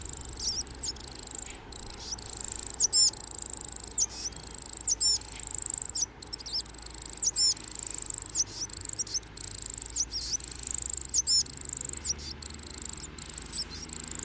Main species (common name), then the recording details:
Coal Tit. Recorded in the wild. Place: Ehrwald, Wettersteingebirge, Tirol, AT. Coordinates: 47.4272, 10.9411. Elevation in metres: 1214. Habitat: mountains. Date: 1975-03-05. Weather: Föhntag. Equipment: Nagra IV, Sennheiser MKH 405, Parabolreflektor. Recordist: Tretzel, Erwin